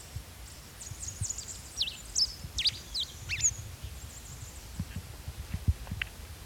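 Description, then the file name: Tucuman mountain finch: a loose run of high, sharp, downslurred notes, fairly soft over a low rumbling background. "Compsospiza baeri - Tucuman Mountain Finch"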